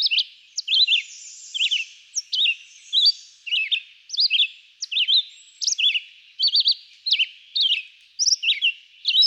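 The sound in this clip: Red-eyed vireo song, a persistent series of short slurred whistled phrases separated by brief pauses.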